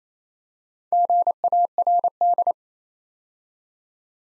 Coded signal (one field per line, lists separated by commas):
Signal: Morse code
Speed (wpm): 29 wpm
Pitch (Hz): 700 Hz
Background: none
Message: GARD